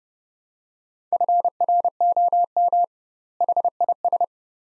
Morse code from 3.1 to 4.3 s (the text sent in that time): HIS